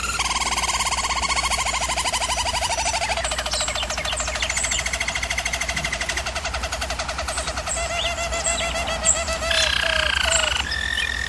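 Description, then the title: German Roller canary pouring out fast pulsed rolling trills in layered pitches, changing tour near the end to a steadier hum-like roll. German Roller canary singing, used for training canaries. "German Roller Canary Singing - Canary Training Vid"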